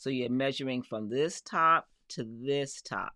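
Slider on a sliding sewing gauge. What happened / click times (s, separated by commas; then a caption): Only speech is heard; no seating click occurs, so the part is handled but not yet home / none. Someone talks while handling the slider on a plastic sliding sewing gauge, which is about to be pushed in to lock at its measuring position. Only speech is heard, and nothing has locked or clicked into place yet.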